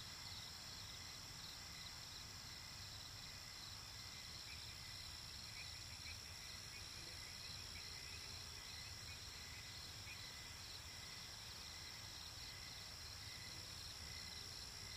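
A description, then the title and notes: A dense, unbroken wetland chorus of high insect-like trills and chirps fills the air, steady across the whole stretch with no clear pauses. Several bright, shrill bands layer over a low, rumbling murmur, and faint scattered calls drift through the middle. Chorus of the Wetlands.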